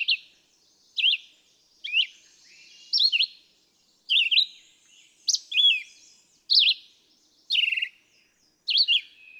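Red-eyed vireo song of brief whistled phrases, some rising and some falling, with short gaps between them.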